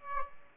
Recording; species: mosquito wingbeat signal from an infrared sensor; Aedes aegypti